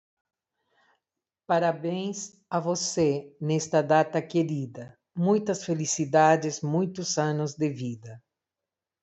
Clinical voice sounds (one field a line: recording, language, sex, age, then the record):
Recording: short text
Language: Brazilian Portuguese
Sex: female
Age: 60 to 69 years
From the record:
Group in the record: control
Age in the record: 69 years